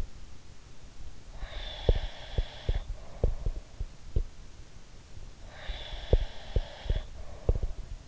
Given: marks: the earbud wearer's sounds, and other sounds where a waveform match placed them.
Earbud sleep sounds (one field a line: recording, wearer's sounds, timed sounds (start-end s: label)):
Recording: sounds in sleep by an in-ear microphone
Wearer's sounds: breath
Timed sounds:
1.33-3.82 s: breath
1.85-4.34 s: sound from someone else or the room
5.47-8.08 s: breath
6.08-8.08 s: sound from someone else or the room